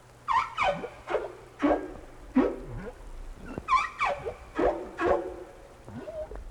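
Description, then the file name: Whale calls, a series of sweeping, falling squeals and cries, repeated and overlapping one another. "tower whales"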